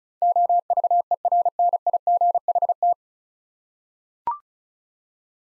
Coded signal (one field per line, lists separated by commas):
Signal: Morse code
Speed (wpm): 36 wpm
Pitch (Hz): 700 Hz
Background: none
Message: OVERNIGHT